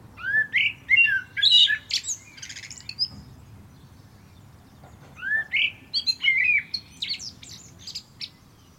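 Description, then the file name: Common blackbird singing two phrases about five seconds apart, each opening with mellow fluted notes and ending in a high, squeaky twittering flourish. "Turdus merula"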